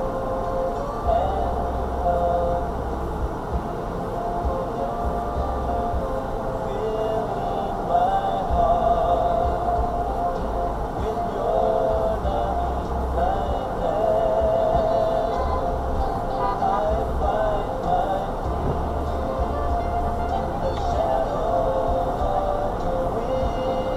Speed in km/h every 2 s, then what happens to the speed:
3, 2, 3, 3, 3, 3, 3, 5, 3, 5, 5, 3.
0-24 steady at about 3.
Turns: none.